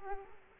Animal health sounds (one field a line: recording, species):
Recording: mosquito wingbeat signal from an infrared sensor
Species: Culex quinquefasciatus